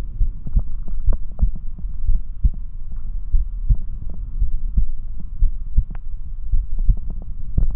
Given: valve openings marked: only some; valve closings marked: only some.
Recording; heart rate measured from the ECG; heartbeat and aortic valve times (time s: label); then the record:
heart sounds by stethoscope; 57 bpm
0.22 s: heartbeat (ECG mark)
0.33 s: aortic valve opens (echo mark)
0.58 s: aortic valve closes (echo mark)
1.09 s: heartbeat (ECG mark)
1.20 s: aortic valve opens (echo mark)
1.44 s: aortic valve closes (echo mark)
2.10 s: heartbeat (ECG mark)
2.20 s: aortic valve opens (echo mark)
2.46 s: aortic valve closes (echo mark)
3.36 s: heartbeat (ECG mark)
3.70 s: aortic valve closes (echo mark)
4.43 s: heartbeat (ECG mark)
4.53 s: aortic valve opens (echo mark)
4.80 s: aortic valve closes (echo mark)
5.44 s: heartbeat (ECG mark)
5.54 s: aortic valve opens (echo mark)
5.79 s: aortic valve closes (echo mark)
6.55 s: heartbeat (ECG mark)
6.90 s: aortic valve closes (echo mark)
7.63 s: heartbeat (ECG mark)
From the record:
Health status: healthy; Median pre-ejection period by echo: 106 ms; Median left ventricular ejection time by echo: 254 ms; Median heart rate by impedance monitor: 58 bpm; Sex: male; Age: 20 years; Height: 178 cm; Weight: 77 kg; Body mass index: 24.30